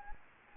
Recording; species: mosquito wingbeat signal from an infrared sensor; Anopheles gambiae